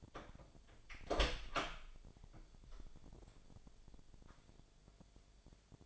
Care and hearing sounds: daily activity, microphone in the room; open door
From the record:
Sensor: 5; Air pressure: 1007.6 hPa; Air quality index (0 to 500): 152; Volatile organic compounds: 3 ppm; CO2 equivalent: 1459 ppm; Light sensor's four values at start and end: 57/162/62/62 and 56/160/62/62

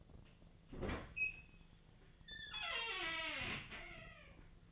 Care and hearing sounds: daily activity, microphone in the room; open fridge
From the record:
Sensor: 4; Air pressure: 1010.5 hPa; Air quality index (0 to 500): 177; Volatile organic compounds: 5 ppm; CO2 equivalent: 1795 ppm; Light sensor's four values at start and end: 33/97/38/38 and 28/83/33/33

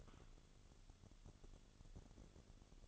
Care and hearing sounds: daily activity, microphone in the room; take from stove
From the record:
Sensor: 4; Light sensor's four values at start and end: 10/22/8/8 and 10/22/8/8

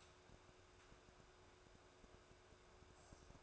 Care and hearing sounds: daily activity, microphone in the room; make coffee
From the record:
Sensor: 2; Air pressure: 1014.6 hPa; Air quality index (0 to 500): 189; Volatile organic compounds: 17 ppm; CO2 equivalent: 2595 ppm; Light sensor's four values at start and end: 4/10/3/4 and 4/10/3/4

